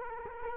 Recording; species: mosquito wingbeat signal from an infrared sensor; Culex quinquefasciatus